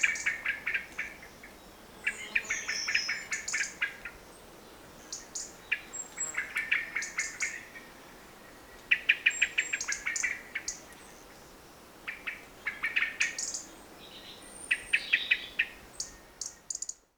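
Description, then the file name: Eurasian blackbird calling in repeated bursts of sharp, chattering notes separated by short gaps, with faint high whistles. "Turdus merula"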